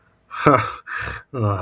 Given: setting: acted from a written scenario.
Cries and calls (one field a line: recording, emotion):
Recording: vocal sound without words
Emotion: embarrassment